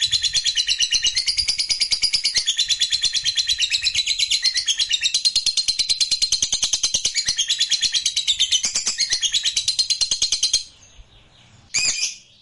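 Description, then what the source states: Lovebird chattering song, fast and scratchy for over ten seconds, then a short silence and one loud chirp. Fighter-type lovebird singing energetically, described as gacor.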